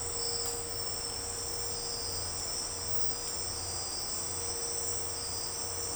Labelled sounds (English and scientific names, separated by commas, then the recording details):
none
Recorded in secondary vegetation near Puerto Asís, Putumayo, Colombia, on 16 December 2024 at 01:00
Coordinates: 0.502, -76.326
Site G028